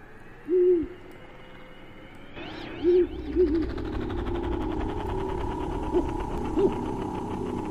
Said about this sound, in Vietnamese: Loáng thoáng đâu đây tiếng cú mèo kêu đêm. Ấy tạnh mưa, nó bắt đầu đi kiếm ăn, hay là nó mang đến cho người ta những điểm gở.